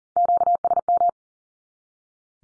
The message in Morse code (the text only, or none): QSM